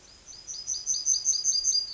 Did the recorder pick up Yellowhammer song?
yes